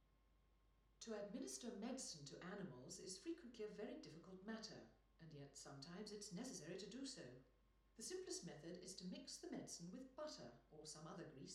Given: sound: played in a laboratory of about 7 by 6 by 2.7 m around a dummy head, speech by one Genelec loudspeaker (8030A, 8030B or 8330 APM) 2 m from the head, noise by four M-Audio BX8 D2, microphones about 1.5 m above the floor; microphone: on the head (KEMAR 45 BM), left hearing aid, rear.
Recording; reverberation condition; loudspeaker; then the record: female speech in English; medium; behind (180 degrees)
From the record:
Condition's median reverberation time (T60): about 510 ms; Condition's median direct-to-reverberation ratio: about -0.5 dB